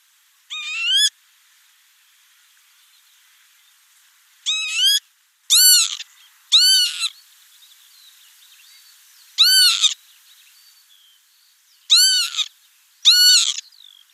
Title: Sylvain Jaskowiak - Mes piafs. Vanneau huppé